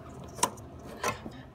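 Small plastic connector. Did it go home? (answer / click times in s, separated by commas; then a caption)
yes / 0.4 s. A plastic weatherproof connector half is pushed fully home into its mating half, with some wiggling needed, and it clicks sharply at 0.4 s. A softer, longer rustle follows around 1.0–1.1 s over a quiet background. The connector is seated all the way.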